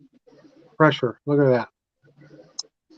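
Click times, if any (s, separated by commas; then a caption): 2.6 s. Someone talks while a folding lockback pocket knife blade is opened until its lock bar engages. A sharp metallic snap at 2.6 s marks the blade seating into the lock.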